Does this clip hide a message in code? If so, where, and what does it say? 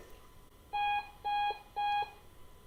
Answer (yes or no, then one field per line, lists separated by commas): no